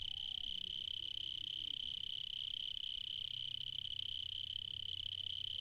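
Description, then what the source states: Cricket chirping in a steady, unbroken high trill that runs throughout, over a low background hum with faint, soft sounds underneath. Recorded in the evening in Spain.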